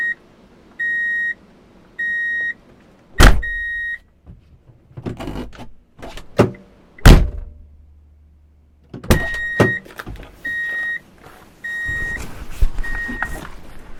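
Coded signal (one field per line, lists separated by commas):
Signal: alarm pattern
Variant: vehicle reversing beeper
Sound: repeating half-second high beeps about once a second, interrupted by door thumps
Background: car door thuds, engine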